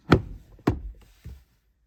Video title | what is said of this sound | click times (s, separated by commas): 2020 - 2023 Mazda CX-9 Cabin Air filter - How To Change Remove Replace - A/C AC Filter Location | until those stops clear and it kind of locks into place like that | 0.7 s